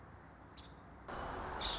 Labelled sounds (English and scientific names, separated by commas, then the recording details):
Nuttall's Woodpecker (Dryobates nuttallii)
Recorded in Sonoma County, California